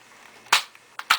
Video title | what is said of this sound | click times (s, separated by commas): Soundout Review - Power Rangers Week Day 7 - RPM Ultrazord | get this to click into place which is there we go | 1.1 s